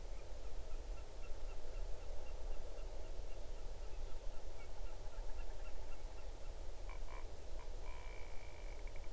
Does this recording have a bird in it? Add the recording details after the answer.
yes. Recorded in the Arctic National Wildlife Refuge, Alaska, on 8 June 2019 at 00:14. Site 40